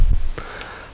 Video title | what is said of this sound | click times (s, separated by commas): inside the hull part6 | Now it does click into place | 0.4 s